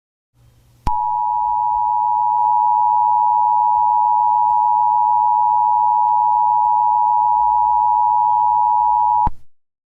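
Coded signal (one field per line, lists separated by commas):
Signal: Emergency Alert System (SAME) tones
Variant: 853 and 960 Hz attention tone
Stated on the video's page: Fictional Easter emergency alert scenario.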